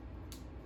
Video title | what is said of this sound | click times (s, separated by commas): Spirit Halloween Collector’s Minion unboxing | there we go both snapped in and ready to go so | 0.3 s